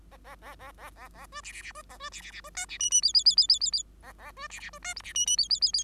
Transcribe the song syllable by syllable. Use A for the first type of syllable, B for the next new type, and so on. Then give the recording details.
A A A A A A A B C C C B A B C C C B D C E E F F F F F F F A A B C C B D G C E E F F F F. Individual Bird5